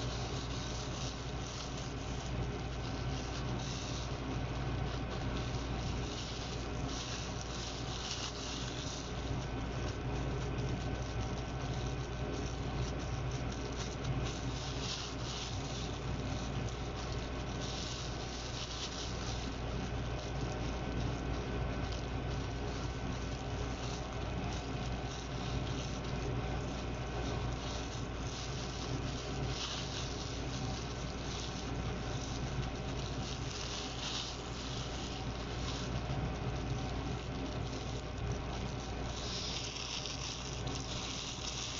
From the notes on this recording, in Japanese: 納豆オムレツを混ぜている音～焼いている最中の音